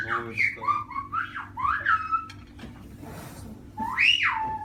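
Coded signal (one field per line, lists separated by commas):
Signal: whistled language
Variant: Silbo Gomero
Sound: rising and falling whistled glides in short phrases, a pause, then one more glide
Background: room hum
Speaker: Окей, все, запомнили, да? Видели все. Поехали. Как мои часы. Улетают.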